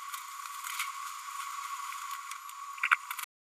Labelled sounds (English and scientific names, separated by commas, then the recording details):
Green-rumped Parrotlet (Forpus passerinus) babbling
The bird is a female
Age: 32 days
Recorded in a nest box in Venezuela
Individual 17B102A5